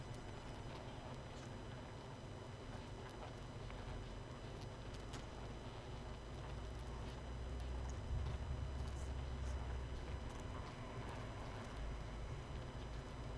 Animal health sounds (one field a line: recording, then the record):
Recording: honeybee colony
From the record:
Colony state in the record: missing queen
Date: 31 May 2018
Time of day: 22:10